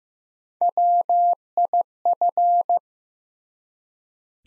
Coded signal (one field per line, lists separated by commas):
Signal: Morse code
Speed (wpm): 15 wpm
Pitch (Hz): 700 Hz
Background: none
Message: WIF